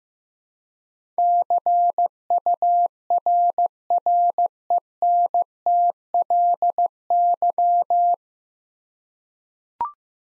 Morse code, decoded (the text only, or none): CURRENTLY